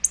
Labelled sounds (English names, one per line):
Black-throated Blue Warbler flight call